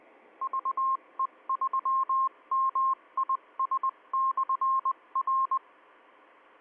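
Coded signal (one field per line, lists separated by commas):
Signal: Morse code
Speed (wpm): 20 wpm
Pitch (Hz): 1060 Hz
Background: radio noise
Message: VE3MIS/R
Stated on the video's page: Morse code heard during a Tuesday night VHF club net.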